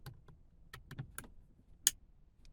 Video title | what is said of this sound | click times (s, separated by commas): BMW 1 series heated steering wheel retrofit (E8X)(first ever?) | should click in just like that all right let's put the four screws | 1.9 s